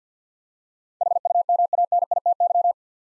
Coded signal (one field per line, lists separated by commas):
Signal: Morse code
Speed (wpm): 52 wpm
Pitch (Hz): 700 Hz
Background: none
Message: HUMANITY